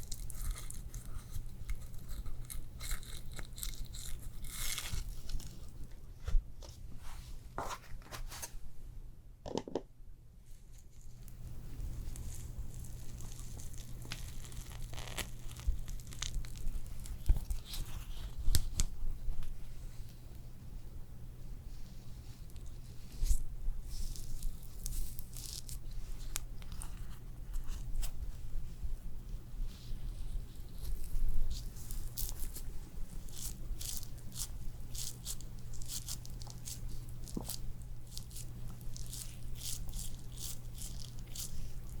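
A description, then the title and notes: Spa facial sounds: soft rubbing, tapping and crinkly scratching, layered over a steady low hum. The handling stays dense and irregular throughout, with sharper bursts of crackling around ten and eighteen seconds and a brief quieter pause near ten seconds. ASMR First Person Realistic SPA Facial Layered Sounds, Personal Attention (No talking).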